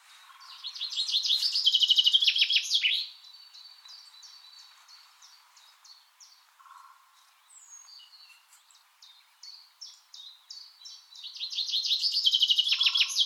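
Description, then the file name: Common chaffinch song: a loud trill of phrases ending in a flourish, then softer repeated notes, and a second loud song starting near the end; a few lower notes in the background. "Fringilla coelebs"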